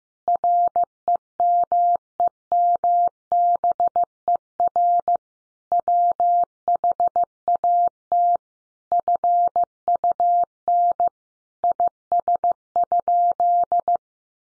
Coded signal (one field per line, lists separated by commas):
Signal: Morse code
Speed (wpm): 15 wpm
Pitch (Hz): 700 Hz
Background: none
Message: REMEMBER WHAT FUN IS?